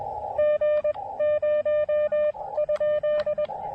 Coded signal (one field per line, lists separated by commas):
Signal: Morse code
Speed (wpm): 20 wpm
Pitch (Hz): 590 Hz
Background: radio noise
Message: G0?